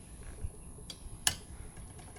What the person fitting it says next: you get that click it's tight